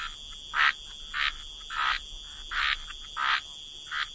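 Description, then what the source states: A frog gives short grating croaks roughly every two-thirds of a second, six in a row, with a steady faint whine in the background. Frog chorus.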